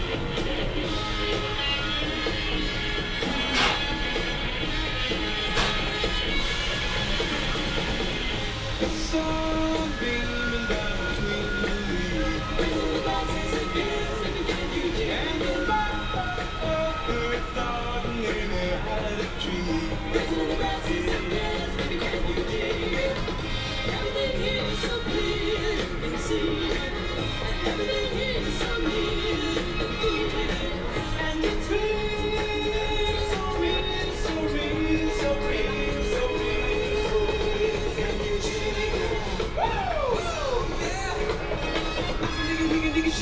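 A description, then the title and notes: A walk through Animal Kingdom: a constant dense crowd murmur with overlapping voices, scattered clicks and knocks, and brief tonal calls near the end. Jeremiah takes you into Animal Kingdom for a "WhereinthePark-Style" Walk. Walk in Animal Kingdom.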